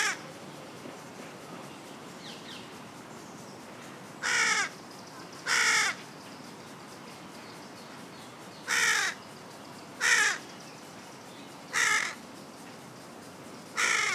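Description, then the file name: Carrion crow giving harsh, hoarse caws, single or in pairs, spaced irregularly a few seconds apart, with faint background hiss. "Corvus corone"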